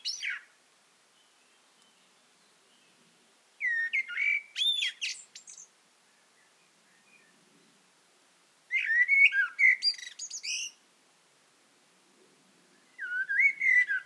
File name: Turdus merula